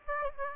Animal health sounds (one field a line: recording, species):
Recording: mosquito wingbeat signal from an infrared sensor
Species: Aedes aegypti